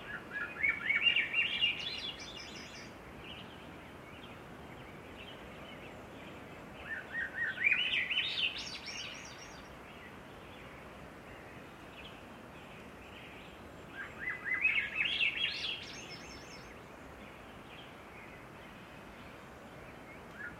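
Birds sing at dawn, with one bright, warbling phrase returning about every seven seconds, near the start, around eight seconds and again near fifteen. Thin high notes sit above each phrase. A steady, soft outdoor hiss fills the gaps between songs.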